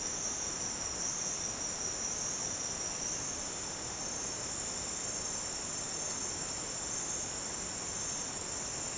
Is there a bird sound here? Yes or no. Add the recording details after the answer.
no. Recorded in dense forest near Puerto Asís, Putumayo, Colombia, on 29 June 2025 at 07:30. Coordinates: 0.484, -76.317. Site G045